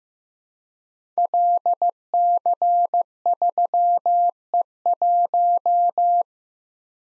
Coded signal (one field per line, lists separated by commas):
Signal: Morse code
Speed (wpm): 15 wpm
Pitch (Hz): 700 Hz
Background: none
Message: LC3E1